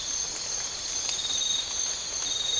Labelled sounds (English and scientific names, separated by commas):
none